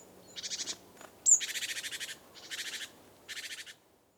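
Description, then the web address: Great tit harsh churrs: four rasping, pulsed rattles, the loudest and longest preceded by a short, high, down-slurred note. "SETE Parus major"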